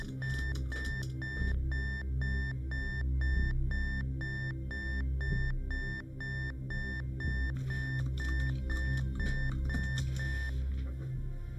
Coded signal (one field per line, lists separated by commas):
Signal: none